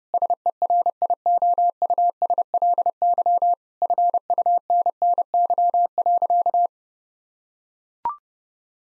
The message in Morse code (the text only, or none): SERIOUSLY FUNNY.